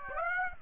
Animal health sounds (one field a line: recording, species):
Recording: mosquito wingbeat signal from an infrared sensor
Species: Aedes aegypti